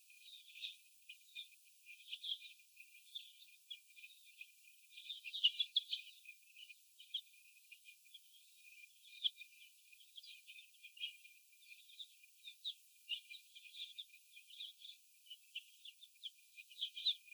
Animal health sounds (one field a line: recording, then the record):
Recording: young laying hens in a cage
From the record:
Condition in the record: after the stressor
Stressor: sudden umbrella opening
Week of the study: 2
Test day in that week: 1